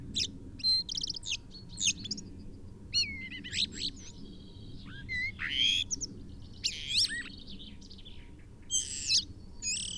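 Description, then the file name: Common blackbird song: mixed fluty slurs and thin high squeaks, some falling notes, delivered in separate bursts every second or two, quiet background hiss. "Turdus merula"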